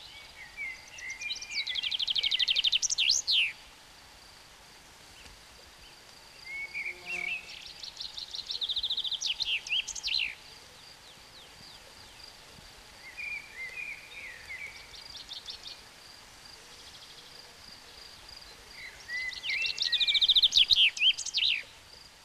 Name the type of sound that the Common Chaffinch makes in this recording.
song